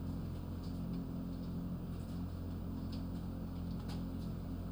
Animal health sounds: poultry house recording; no chicken sound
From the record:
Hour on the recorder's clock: 21

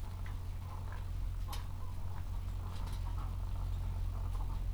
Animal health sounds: poultry house recording; sick chickens (respiratory disease)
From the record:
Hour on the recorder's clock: 13

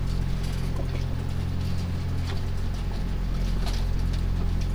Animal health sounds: poultry house recording; sick chickens (respiratory disease)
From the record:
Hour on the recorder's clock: 1

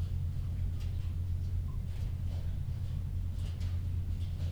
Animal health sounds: poultry house recording; healthy chickens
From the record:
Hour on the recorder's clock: 2

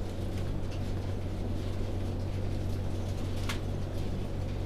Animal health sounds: poultry house recording; no chicken sound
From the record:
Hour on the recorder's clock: 19

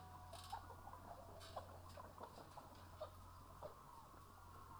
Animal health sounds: poultry house recording; healthy chickens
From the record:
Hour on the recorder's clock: 15

